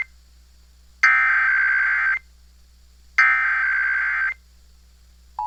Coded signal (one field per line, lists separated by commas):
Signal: Emergency Alert System (SAME) tones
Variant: header bursts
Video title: EAS Monthly Test on WKSS (9/21/21)